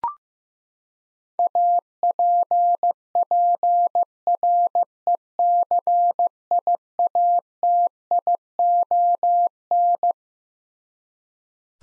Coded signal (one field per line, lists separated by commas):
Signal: Morse code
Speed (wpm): 16 wpm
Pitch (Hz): 700 Hz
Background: none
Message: APPRECIATION